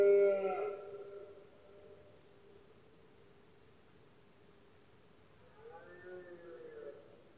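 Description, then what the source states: Red deer roar: one loud bellow that fades out, quiet background, then a softer bellow near the end. Rut of male deer in Spain, called berrea or brama del ciervo; powerful bellows of stags, heard especially at night when the surroundings are quietest.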